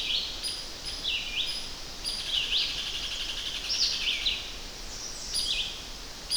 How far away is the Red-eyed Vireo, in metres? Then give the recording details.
about 20 m. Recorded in boreal forest in Alberta, Canada, on 10 June 2016 at 06:57. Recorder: SongMeter 3, array SBT-3-39. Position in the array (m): 198 m, 125 m